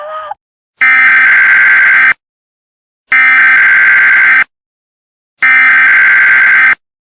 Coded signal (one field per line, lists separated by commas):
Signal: Emergency Alert System (SAME) tones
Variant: header bursts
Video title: EAS Scenario: Pup Academy